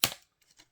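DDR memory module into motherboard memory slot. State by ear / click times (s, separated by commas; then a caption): seated / 0.0 s. A DDR memory module is pushed into the memory slot of an old small desktop computer and seats with a sharp, loud click at 0.0 seconds. The click is followed by a quick decay and three faint, soft ticks around 0.4 to 0.6 seconds. The module is fully seated.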